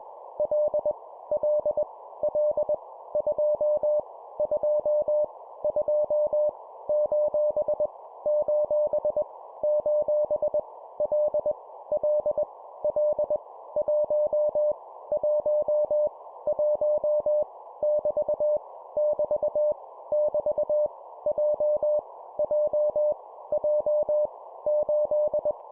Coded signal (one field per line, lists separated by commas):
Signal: Morse code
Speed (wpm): 21 wpm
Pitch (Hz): 600 Hz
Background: none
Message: L L L 2 2 2 : : : L L L 1 1 1 <BT> <BT> <BT> J J J 8